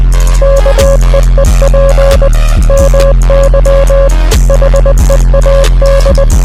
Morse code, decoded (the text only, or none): KEEP MY HEAD